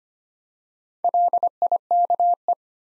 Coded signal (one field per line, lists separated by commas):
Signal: Morse code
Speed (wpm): 25 wpm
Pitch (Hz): 700 Hz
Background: none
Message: LIKE